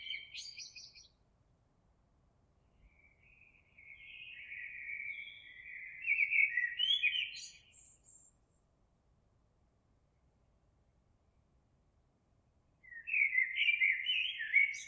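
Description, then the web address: Eurasian blackbird song: fluty, low warbling phrases that rise into scratchy high twitters, separated by several seconds of silence. Recorded 26 April 2022. "oiseaux Merle 2022 04 26"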